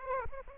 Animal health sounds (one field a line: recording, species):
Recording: mosquito wingbeat signal from an infrared sensor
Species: Aedes aegypti